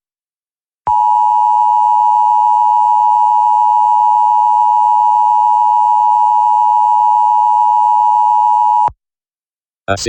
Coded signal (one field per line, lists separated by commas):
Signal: Emergency Alert System (SAME) tones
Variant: 853 and 960 Hz attention tone